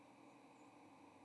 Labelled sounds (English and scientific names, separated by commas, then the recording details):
White-throated Sparrow (Zonotrichia albicollis) flight call
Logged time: 07:04 on 30 October 2014